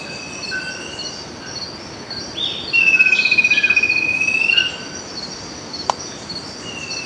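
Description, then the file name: Bird giving one prolonged, pure whistle lasting nearly two seconds that gently dips and rises, backed by steady high-pitched insect noise and a sharp click. "SABIOD 50 bird 2015"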